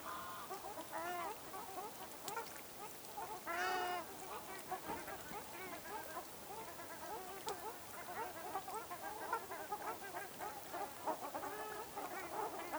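Ruddy shelduck flock calling, a dense chorus of nasal, honking notes overlapping throughout, with a louder burst of calls near four seconds.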